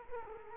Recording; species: mosquito wingbeat signal from an infrared sensor; Culex quinquefasciatus